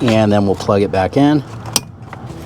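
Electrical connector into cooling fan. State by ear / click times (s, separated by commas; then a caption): seated / 1.8 s. Someone talks, then the electrical connector is plugged back into the cooling fan of a 2011–2020 Toyota Sienna 3.5L V6 2GR-FE after the fan shroud is reinstalled during an alternator replacement for a battery that was not charging. The connector clicks in and seats with a sharp click at 1.8 s, followed by a fainter tick at 2.1 s.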